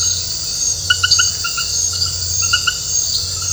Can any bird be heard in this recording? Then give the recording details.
no. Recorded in dense forest near Puerto Asís, Putumayo, Colombia, on 19 March 2025 at 22:00. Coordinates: 0.468, -76.322. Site GP01